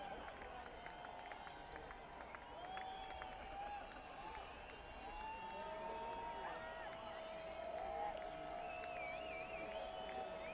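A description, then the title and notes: A crowd fills the air with dense, steady murmuring voices, many talking over one another. Occasional raised calls and whistle-like tones rise above the babble, especially around the middle and near the end. A few sharp clicks and claps dot the whole stretch. Crowd.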